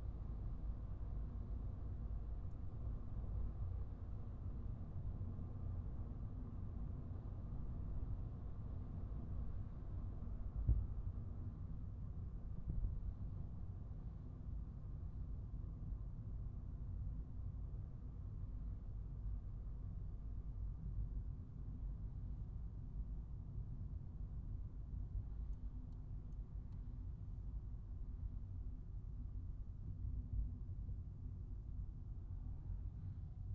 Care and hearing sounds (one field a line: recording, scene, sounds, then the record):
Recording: everyday scene through a hearing-aid microphone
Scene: in a vehicle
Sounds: engine, highway driving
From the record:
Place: Skoda Fabia, gasoline engine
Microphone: behind the ear, right, rear